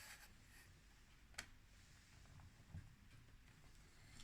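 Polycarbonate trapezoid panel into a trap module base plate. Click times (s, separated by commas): 1.4 s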